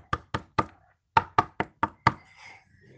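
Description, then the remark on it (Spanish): Sharp knocks on a door: three quick raps, a brief pause, then five more in a steady rhythm, each one crisp and solid, with no voices. “Y después tocaron la puerta.”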